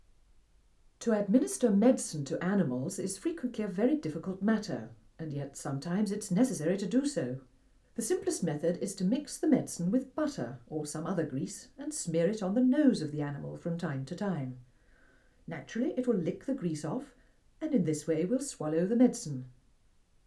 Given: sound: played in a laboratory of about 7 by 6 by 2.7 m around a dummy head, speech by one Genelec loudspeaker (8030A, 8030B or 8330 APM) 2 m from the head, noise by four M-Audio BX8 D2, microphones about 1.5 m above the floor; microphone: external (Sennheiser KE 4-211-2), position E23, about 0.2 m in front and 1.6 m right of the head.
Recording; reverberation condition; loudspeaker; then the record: female speech in English; low; 120 degrees to the right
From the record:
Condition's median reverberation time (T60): about 310 ms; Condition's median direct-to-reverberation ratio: about 3.5 dB